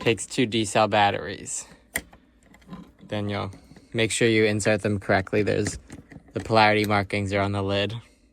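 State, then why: Not seated. Someone talks while handling the battery compartment of a Ludlum Model 3 handheld radiation survey meter, which has a thumb-screw cap and takes two D-cell batteries with polarity markings on the lid. A sharp click is heard near 2.0 s, followed by several faint small clicks and taps before the talk resumes. The cap has not yet been turned closed, so nothing has seated or clicked home.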